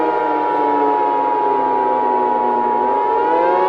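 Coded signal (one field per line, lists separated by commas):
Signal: Emergency Alert System (SAME) tones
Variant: 853 and 960 Hz attention tone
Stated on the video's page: Fictional EAS scenario, not a real alert.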